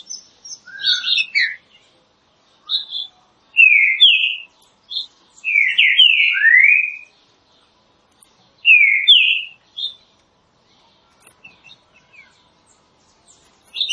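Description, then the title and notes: Green-winged saltator song: short bursts of two to four sweet slurred whistles separated by pauses, with light high chirping in the background. Classic song style (canto clássico) of the green-winged saltator, offered as training material. "Canto Clássico Trinca Ferro TREINAMENTO. trinca fero"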